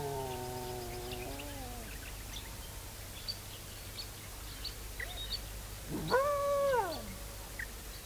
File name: Dingo